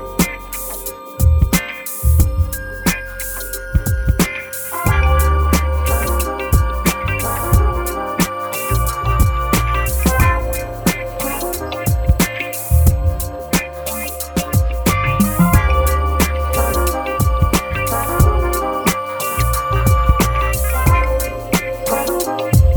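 Steady, dense music with a driving beat: heavy low thumps and bass notes recur throughout, with bright crashing hits at regular intervals. Held tones ring in the middle and upper range, shifting pitch around 5, 10 and 15 seconds, and the loudness stays fairly even.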